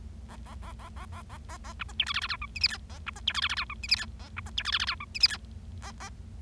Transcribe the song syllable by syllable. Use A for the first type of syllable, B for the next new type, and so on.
A A A A A A A A A B C D E F F G H I J K A B C D E F F G H I J K A B C D E F F G H I J K A A